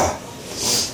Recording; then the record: coughing mixed with background sound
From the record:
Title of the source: Spring Cold Coughing 2